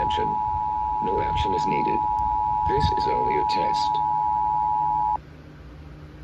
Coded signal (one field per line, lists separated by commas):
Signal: Emergency Alert System (SAME) tones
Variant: 853 and 960 Hz attention tone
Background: speech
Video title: EAS #113/131 | Monthly Test Alerts 8/1/2023 & 8/2/2023